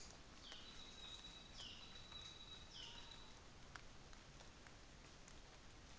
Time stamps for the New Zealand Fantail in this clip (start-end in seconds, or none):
0.00-3.35